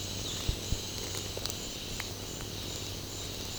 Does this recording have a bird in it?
no